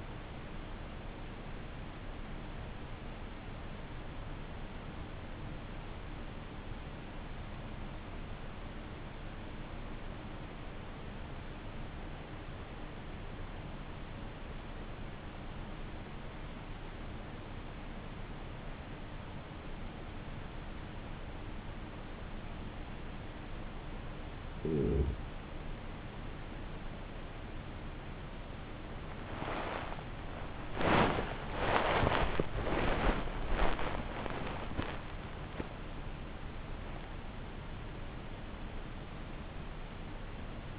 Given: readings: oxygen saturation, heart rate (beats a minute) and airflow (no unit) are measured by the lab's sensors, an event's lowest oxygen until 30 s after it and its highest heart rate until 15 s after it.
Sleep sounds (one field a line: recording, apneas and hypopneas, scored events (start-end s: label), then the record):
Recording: breathing in sleep by a voice recorder at the bedside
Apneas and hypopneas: 1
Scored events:
4.00-23.10 s: obstructive apnea (N2, oxygen 97% highest, then 91% lowest, heart rate 49 at the start, 73 highest)
22.00-40.79 s: new sleep stage, N1 (lightest sleep)
From the record:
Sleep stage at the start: N2 (light sleep)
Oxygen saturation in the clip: 93 to 97%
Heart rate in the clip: 46 to 76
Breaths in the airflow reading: 3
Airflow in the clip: -8.8 to 10.5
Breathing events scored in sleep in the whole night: 304 in 5.6 hours asleep